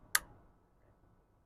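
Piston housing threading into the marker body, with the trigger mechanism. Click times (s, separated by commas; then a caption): 0.1 s. While threading the piston housing back into the body of a Pistelle X-68 marker, the trigger is pulled once tension is felt, giving a single sharp click at 0.2 s. A faint low hum continues afterward. The click releases the piston so the housing can keep turning.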